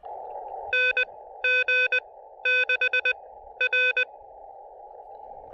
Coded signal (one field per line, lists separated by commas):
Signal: Morse code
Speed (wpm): 20 wpm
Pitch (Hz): 2500 Hz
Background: none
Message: NG6R